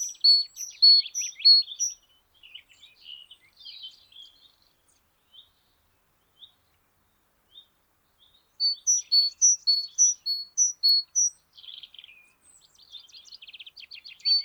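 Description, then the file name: Great tit with a burst of alternating high-low whistled notes over rattling chatter, a quiet pause with faint ticks, then another run of paired notes and buzzy chatter. "Parus major"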